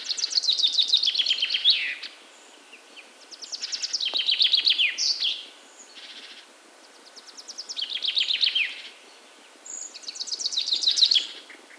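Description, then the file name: Common chaffinch delivering four lively song phrases, roughly every three seconds. Each is a rattling trill that tumbles downward and finishes with an emphatic flourish. "Fringilla coelebs"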